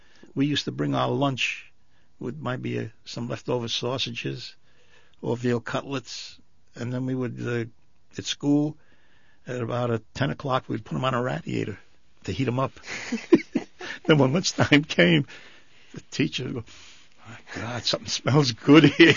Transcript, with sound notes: We used to bring our lunch would -- might be some leftover sausages or veal cutlets, and then we would, at school, at about ten o'clock we'd put them on a radiator to heat them up. ( they laugh ) Then when lunchtime came the teacher would go, ( he sniffs ) "My God, something smells good here."